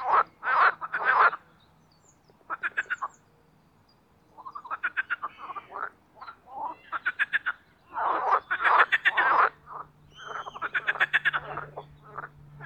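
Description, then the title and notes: Marsh frogs calling in bouts of rapid pulsed trills and croaks, separated by short silences, over a faint low hum. Marsh frogs (Pelophylax ridibundus) in a spring mating chorus in an artificial boating pond, Parc Chédeville, Oise, after a cold night. "au Parc Chédeville dans l'Oise. des grenouilles rieuses"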